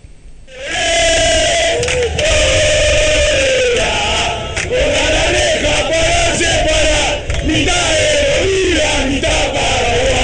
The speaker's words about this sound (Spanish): Pero esa es la hinchada de tu San Lorenzo, querido, gritándole a la hinchada de Boca, pongan una reja para separar mitad de Bolivia, mitad de Paraguay.